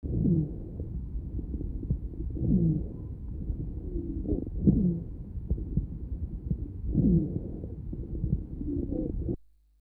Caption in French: Un roncus en début d'inspiration, associé parfois à un sibilant de fin d'expiration. Chez un patient asthmatique.